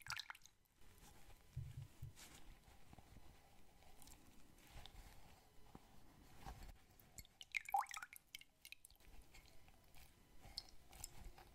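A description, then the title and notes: Scalp and face massage with hair brushing: soft, irregular rubbing and brushing strokes come in short bursts every second or so. Low thumps appear near two and five seconds, and a brief bright squeak or click stands out around eight seconds. ASMR 10 Personal Attention Triggers (Scalp Massage, Face Massage, Stipple, Hair Brushing).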